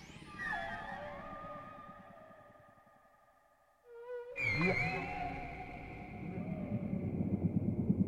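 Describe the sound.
Whale calls opening with a high rising whistle and steady tonal moans, a quiet pause, then a sharp upswept squeal over low rumbling pulses that build again.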